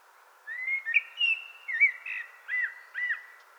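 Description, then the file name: Common blackbird song: a series of soft, fluty whistled notes, ending with two arched notes about half a second apart. "Turdus merula"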